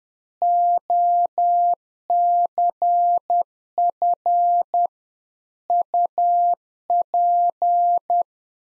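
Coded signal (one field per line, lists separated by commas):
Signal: Morse code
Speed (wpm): 10 wpm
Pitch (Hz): 700 Hz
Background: none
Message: OCF UP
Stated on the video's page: Practice QSO information segment (rig, antenna, weather) at 10 wpm, sent in Morse, spoken, then sent again, used in LICW QSO classes.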